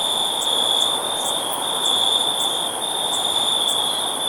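Cricket call, continuous high trilling tone with faint regular pulses above it and a constant background hiss.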